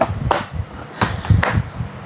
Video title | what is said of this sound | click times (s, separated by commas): Amazing Printed Lunch Box & CuteTedemel Bento Box | கரெக்டா நீங்க இந்த சீல் வர இடத்துல உட்கார வச்சு லாக் பண்ணிடுங்க. | 0.3 s, 1.4 s